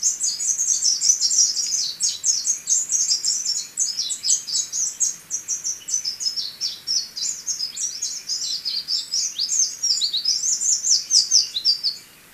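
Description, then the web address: Spectacled whitestart singing a sustained, very high chattering warble of quick chips and slurs, varied and continuous, ending abruptly. Ecuador. "Birds of Ecuador. Spectacled Whitestart"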